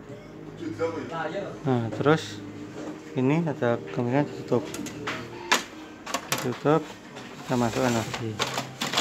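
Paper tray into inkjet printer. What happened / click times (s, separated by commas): The tray is handled but not yet pushed home / none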